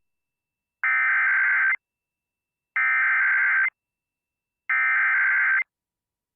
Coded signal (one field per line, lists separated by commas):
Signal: Emergency Alert System (SAME) tones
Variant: header bursts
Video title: EAS Winter Storm Warning Upper Peninsula of Michigan NOAA Weather Radio